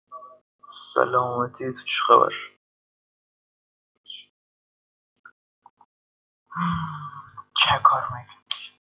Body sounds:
no coughing; 0
none
From the record:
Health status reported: healthy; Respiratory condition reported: no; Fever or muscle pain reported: no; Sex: male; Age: 20 years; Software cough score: 0.65

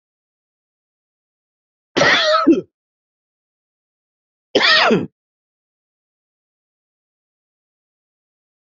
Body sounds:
coughing; 2
1.93-2.67 s: cough
4.53-5.09 s: cough
From the record:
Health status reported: COVID-19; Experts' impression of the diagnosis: upper respiratory tract infection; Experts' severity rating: mild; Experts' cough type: dry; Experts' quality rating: good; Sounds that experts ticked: nothing specific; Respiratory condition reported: no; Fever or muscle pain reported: no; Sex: male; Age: 54 years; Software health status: healthy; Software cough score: 1.00

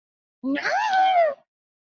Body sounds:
no coughing; 0
none
From the record:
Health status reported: healthy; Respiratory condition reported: no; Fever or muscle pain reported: no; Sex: male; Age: 25 years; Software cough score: 0.34

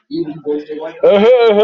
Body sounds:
no coughing; 0
none
From the record:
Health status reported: healthy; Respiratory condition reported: no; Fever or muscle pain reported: no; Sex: male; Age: 29 years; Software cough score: 0.07

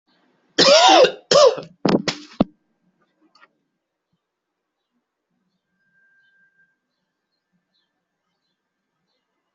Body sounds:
coughing; 2
0.57-1.23 s: cough
1.30-1.69 s: cough
From the record:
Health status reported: COVID-19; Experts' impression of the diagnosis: COVID-19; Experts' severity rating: mild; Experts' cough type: dry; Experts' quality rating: ok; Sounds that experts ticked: nothing specific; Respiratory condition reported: no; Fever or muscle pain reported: no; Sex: male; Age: 25 years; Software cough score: 1.00

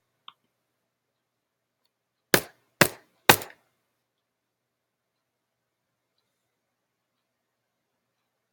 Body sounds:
no coughing; 0
none
From the record:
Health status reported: symptomatic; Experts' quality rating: no cough present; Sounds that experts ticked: no box ticked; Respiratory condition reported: no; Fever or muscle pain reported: no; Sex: male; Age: 22 years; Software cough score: 0.87

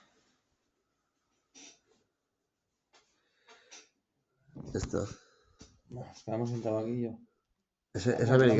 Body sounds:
no coughing; 0
none
From the record:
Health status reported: COVID-19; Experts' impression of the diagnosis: healthy cough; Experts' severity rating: unknown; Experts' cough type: unknown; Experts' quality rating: no cough present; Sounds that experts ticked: nothing specific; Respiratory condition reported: yes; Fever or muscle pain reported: yes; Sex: male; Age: 34 years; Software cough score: 0.92

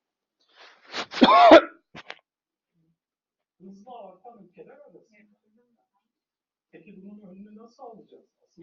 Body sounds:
coughing; 1
1.21-1.78 s: cough
From the record:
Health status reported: healthy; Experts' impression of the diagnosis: COVID-19 / upper respiratory tract infection / healthy cough / healthy cough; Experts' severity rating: mild / mild / pseudocough or healthy cough / unknown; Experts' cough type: dry / dry / unknown / unknown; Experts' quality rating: ok / ok / good / ok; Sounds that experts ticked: nothing specific / nothing specific / nothing specific / nothing specific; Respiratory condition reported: no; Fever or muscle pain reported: no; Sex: male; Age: 46 years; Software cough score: 0.27

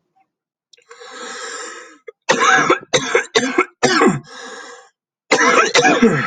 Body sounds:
coughing; 6
2.28-2.87 s: cough
2.92-3.33 s: cough
3.33-3.74 s: cough
3.81-4.23 s: cough
5.30-5.74 s: cough
5.74-6.26 s: cough
From the record:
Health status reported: symptomatic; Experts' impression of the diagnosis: COVID-19 / lower respiratory tract infection / lower respiratory tract infection / COVID-19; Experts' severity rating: mild / mild / severe / severe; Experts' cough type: dry / wet / wet / dry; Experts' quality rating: ok / good / good / good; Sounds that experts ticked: nothing specific / nothing specific / nothing specific / dyspnea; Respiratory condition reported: no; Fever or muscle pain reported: no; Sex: male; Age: 40 years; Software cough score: 0.97

